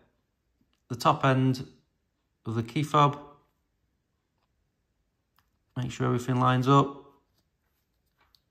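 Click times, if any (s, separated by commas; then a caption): none. Someone talks while lining up the top end of a plastic Ford Focus/Fiesta key fob case with the rest of the housing during a battery replacement, with a few faint small handling ticks between the speech. Nothing has seated or clicked into place yet.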